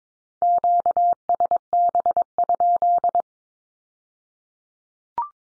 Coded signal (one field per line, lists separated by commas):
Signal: Morse code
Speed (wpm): 22 wpm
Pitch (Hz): 700 Hz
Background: none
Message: QSB?